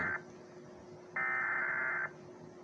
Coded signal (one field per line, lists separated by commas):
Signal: Emergency Alert System (SAME) tones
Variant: header bursts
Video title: the infection Thanksgiving 2016 eas scenario movie night reaction🍿🥧